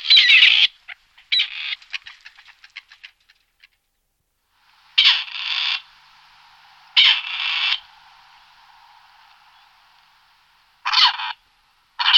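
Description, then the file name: Grey partridge calls: harsh rasping bursts, then a run of short clicking notes, followed by further grating calls spaced a few seconds apart. "koroptev-polní"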